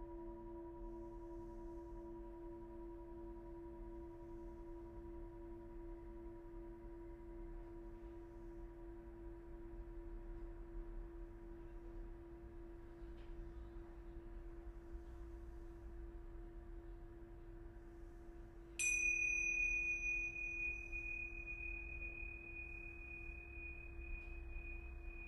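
A sound bath of singing bowls: several steady, humming tones ring on together from the start, over a soft low rumble. Near nineteen seconds a bowl is struck, adding a bright, clear higher tone that sustains and slowly fades through the end.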